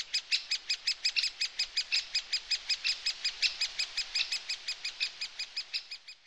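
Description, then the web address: Great spotted woodpecker calls: insistent, harsh, high notes repeated rapidly and evenly, nearly three each second, throughout. Garden bird. "infonatuur tuinvogels grotebontespecht"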